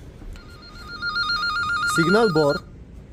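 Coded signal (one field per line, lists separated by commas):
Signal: none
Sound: cable tracer tone beeps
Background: speech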